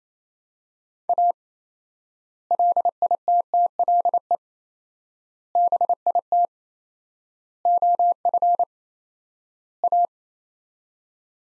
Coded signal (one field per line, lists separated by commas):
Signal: Morse code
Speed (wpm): 28 wpm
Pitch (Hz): 700 Hz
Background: none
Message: A LITTLE BIT OF A